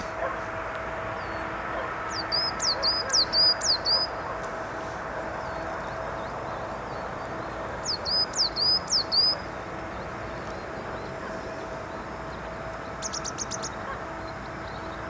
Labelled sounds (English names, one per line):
Coal Tit song